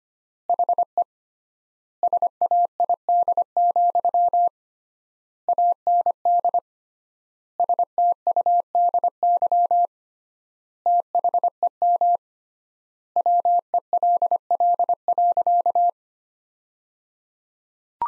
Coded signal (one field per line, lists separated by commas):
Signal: Morse code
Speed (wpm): 25 wpm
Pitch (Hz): 700 Hz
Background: none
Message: HE SAID, AND STUDY THEM WELL.